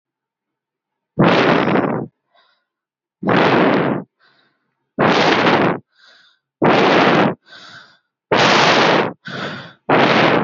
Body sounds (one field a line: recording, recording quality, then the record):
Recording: shallow breathing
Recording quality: excellent, no background noise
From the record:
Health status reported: healthy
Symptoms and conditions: none ticked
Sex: male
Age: 20 years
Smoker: not ticked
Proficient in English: yes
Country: India